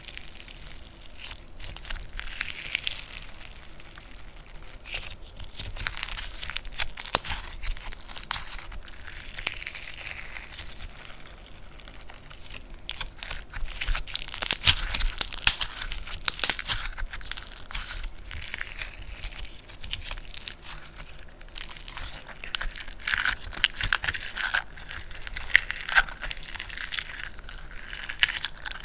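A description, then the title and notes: Crunchy slime being poked, pressed and stretched, with dense crackling and crinkling pops that come in quick, irregular bursts. The sound is bright and crisp with little low end, growing busiest around the middle. Slime Sounds Crunchy, Poking, Stretching, Pressing.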